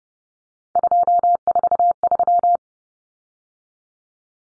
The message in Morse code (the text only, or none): 243